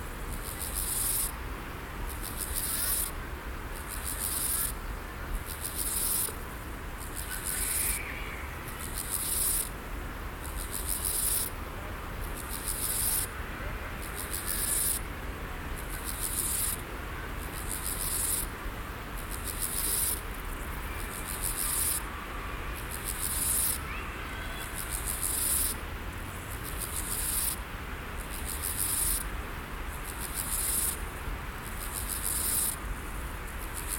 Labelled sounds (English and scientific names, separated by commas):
Steppe Grasshopper (Chorthippus dorsatus) stridulation